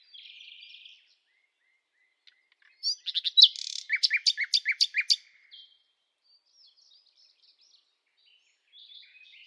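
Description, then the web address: Bird song opening with a soft buzzy note, then a lively series of repeated sharp chirps, followed by quiet twittering. "Deverinetal 2025 File origin Bird Only"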